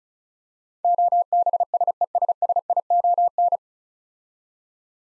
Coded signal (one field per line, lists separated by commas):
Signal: Morse code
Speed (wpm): 36 wpm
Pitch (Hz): 700 Hz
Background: none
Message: OBSESSION